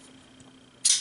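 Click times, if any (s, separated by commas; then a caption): 0.4 s. A folding knife from the Arcane Design and Something Obscene Company collaboration (Anti-Matter + Arcane Necronaut) has its blade flipped out of the handle past a solid detent until it pops securely into place and locks open. A small, quiet click is heard at 0.4 s over a faint steady hum, followed by a louder, brighter hissing burst from about 0.8 s that fades out. The blade is locked open.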